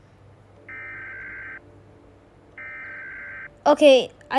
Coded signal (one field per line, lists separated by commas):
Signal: Emergency Alert System (SAME) tones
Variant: header bursts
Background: speech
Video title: Eas alarms @wubzzy26